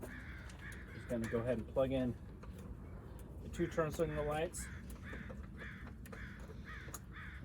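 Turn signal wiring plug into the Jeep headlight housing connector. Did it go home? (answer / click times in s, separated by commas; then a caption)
yes / 6.9 s. On a 2017 Jeep Wrangler LED headlight install, the plastic turn signal light wiring plug is pushed into its socket on the headlight housing connector. It seats with a click at 6.9 s. Someone talks over a steady background with repeated crow caws, and the connector is confirmed seated.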